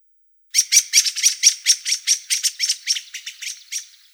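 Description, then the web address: Black-throated thrush harsh chattering: many rasping notes in a fast, even series, fading toward the end. "soud Drozd chernozobyj"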